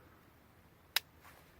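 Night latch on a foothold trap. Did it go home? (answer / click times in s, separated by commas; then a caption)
yes / 1.0 s. The night latch on a steel coyote foothold trap, which holds the jaws open, is engaged while the trap is being set. Against a quiet background, a single sharp, bright click sounds at 1.0 s. The latch clicks into its set position and the trap is ready to fire.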